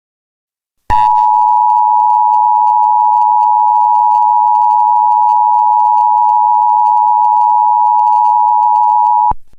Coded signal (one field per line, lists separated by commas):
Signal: Emergency Alert System (SAME) tones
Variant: 853 and 960 Hz attention tone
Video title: Nuclear Escalation - EAS Scenario